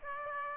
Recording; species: mosquito wingbeat signal from an infrared sensor; Aedes aegypti